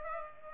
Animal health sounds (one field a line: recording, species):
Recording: mosquito wingbeat signal from an infrared sensor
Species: Aedes aegypti